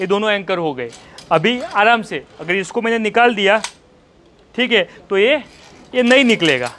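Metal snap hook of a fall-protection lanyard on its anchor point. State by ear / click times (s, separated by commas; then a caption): not seated / none. A metal snap hook of a training fall-protection lanyard sits on its anchor point with both hooks anchored while someone talks, and one hook is handled as if to take it off. The hook does not come free, and nothing has seated or clicked yet.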